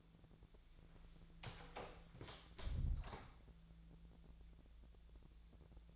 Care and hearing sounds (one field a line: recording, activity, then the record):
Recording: daily activity, microphone in the room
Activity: close door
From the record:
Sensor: 3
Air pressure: 1000.5 hPa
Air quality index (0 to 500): 179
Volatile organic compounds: 4 ppm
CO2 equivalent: 1555 ppm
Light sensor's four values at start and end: 13/30/13/13 and 13/30/13/13